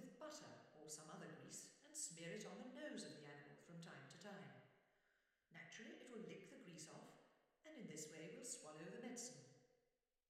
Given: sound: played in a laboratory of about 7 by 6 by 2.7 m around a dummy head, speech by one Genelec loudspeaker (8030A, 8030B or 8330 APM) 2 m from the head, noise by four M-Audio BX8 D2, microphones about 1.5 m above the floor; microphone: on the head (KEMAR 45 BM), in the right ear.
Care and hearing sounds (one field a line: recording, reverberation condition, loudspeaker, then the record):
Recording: female speech in English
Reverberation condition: high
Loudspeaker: 90 degrees to the right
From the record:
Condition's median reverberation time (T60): about 1300 ms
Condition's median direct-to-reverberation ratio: about -4.0 dB